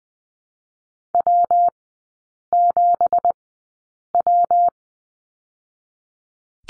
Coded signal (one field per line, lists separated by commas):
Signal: Morse code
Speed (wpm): 19 wpm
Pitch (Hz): 700 Hz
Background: none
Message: W7W